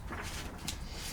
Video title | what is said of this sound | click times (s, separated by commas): Monoprice Dual Extrusion 3D Printer unboxing - WATCH FIRST - WE GOT IT FOR THE DRONES IN SCHOOLS | until it clicks | 0.7 s